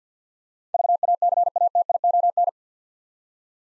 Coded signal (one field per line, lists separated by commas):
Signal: Morse code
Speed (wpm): 50 wpm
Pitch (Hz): 700 Hz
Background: none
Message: VACATION